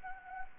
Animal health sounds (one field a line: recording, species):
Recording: mosquito wingbeat signal from an infrared sensor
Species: Anopheles gambiae